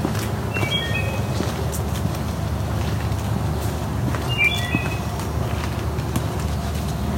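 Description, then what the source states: Wood Thrush song: two brief fluty phrases of several clear notes, one near the start and one midway, over constant low rumbling background noise. Singing in a quieter spot among dogwoods and hawthorns in Dundas Valley, Hamilton, Ontario; very short melodic phrases rendered as 'pirole'.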